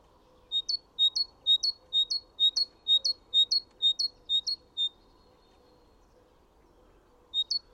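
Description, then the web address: Great tit singing clear two-syllable phrases, a steady ringing see-saw repeated rapidly for several seconds, then a gap before the phrase resumes briefly at the end. "chant didier collin mesange charbonniere"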